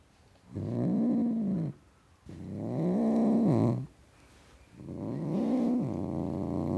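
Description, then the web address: Cat giving three drawn-out growls, each rising and falling in pitch, with short pauses between. Male tom cat, growling. "The BBC Sound Effects Library. Tom Cat Growling"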